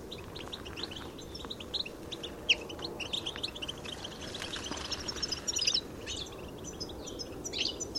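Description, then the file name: European goldfinch calls: dense, tinkling twitters and chirps high in pitch, tumbling over one another throughout, over a steady low rumble of background noise. "Carduelis carduelis"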